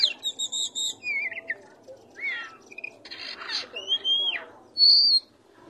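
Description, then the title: Oriental magpie-robin singing a varied mix of whistled slurs, a harsh buzzy note and a high thin whistle, in short separated phrases. "Kacer"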